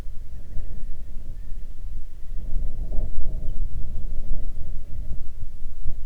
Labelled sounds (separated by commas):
wind